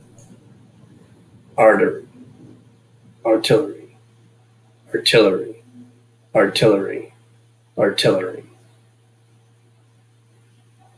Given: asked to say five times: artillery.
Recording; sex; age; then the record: repeated word; male; 40 to 49 years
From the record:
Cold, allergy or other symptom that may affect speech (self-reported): no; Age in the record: 45 years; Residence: Michigan, United States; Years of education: 16